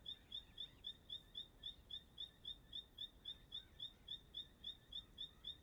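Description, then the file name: Bird repeating a sharp, high cricket-like chirp in a quick regular series, with faint background noise. Singing at dusk in Chapada dos Veadeiros park; song described as sounding like a cricket. "Entardecer no Parque da Chapada dos Veadeiros com passaro cantando como um grilo"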